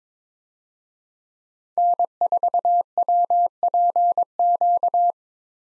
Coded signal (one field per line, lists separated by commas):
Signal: Morse code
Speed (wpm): 22 wpm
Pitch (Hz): 700 Hz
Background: none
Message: N4WPQ